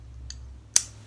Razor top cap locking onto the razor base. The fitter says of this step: It clicks in it, but it literally is so tight.